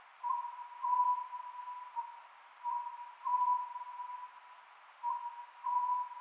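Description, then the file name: Oriental scops owl delivering soft tonal phrases of a few notes, repeated about every two and a half seconds over faint noise. Recorded 27 May 2010 at 22:21. "konohazuku-20100527-2221"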